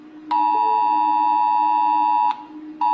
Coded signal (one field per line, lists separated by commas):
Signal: Emergency Alert System (SAME) tones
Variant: 853 and 960 Hz attention tone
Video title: Rating EAS alarms I guess